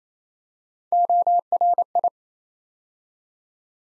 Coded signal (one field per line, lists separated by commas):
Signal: Morse code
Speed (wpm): 27 wpm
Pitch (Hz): 700 Hz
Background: none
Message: ORI